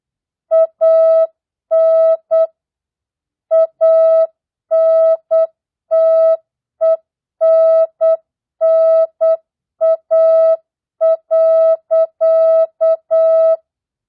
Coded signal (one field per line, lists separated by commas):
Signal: Morse code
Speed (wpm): 8 wpm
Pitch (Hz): 650 Hz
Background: music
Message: AN ANTENNA.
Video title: Morse code, CW, practice at 8 wpm non Farnsworth mixed words, numbers, and punctuation.